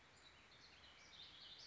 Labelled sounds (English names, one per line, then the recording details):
Warbling Vireo
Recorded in Sonoma County, California